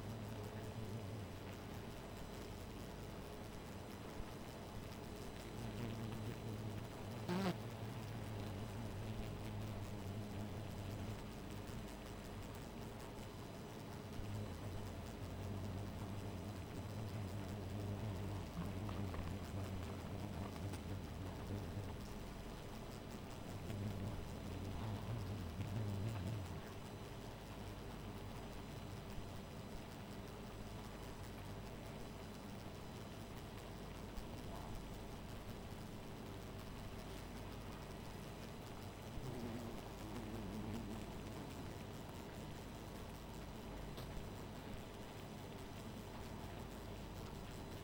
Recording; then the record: honeybee colony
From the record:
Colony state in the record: missing queen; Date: 14 July 2017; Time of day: 2:03